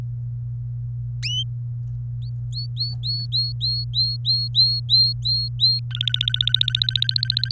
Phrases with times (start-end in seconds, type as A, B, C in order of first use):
2.22-5.79 A, 5.91-7.51 B